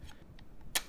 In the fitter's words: and then we just kind of push up and this comes outward we click it in it snaps on and that's it